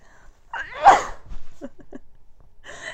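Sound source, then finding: Adult. Sneeze.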